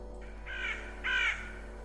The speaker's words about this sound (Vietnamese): Khi cậu chuẩn bị cất tiếng gọi thì đột nhiên ở trên mái nhà có một con quạ đen. Nó kêu lên những tiếng ghê rợn, rồi nó bay vút lên trên bầu trời.